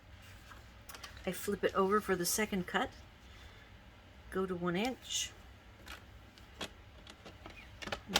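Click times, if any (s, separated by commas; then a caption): 8.2 s. Someone talks while setting up a second cut at one inch on a paper trimmer, flipping the paper over and checking that everything is up at the top, with a few faint ticks and taps in between. A moving part of the trimmer, possibly the cutting rail or the paper stop, is pushed until it seats on the trimmer base with a sharp click at 8.2 s, locking into place.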